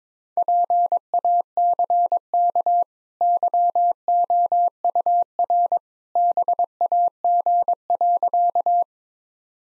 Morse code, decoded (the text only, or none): PACK YOUR BAG.